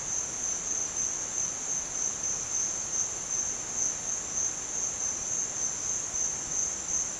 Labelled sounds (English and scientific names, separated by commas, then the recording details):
none
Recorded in dense forest near Puerto Asís, Putumayo, Colombia, on 29 June 2025 at 15:00
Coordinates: 0.484, -76.317
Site G045